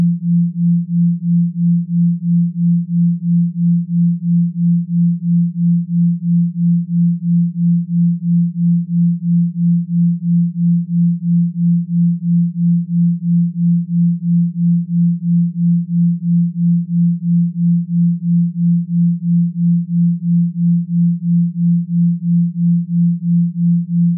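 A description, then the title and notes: A binaural beat in the delta range: a single pure, low tone sits unchanging for the whole stretch. Its loudness pulses evenly about twice a second, a soft steady throb with no other sounds around it. Binaural Beat - Delta Wave Frequency. Delta: 1-4 Hz.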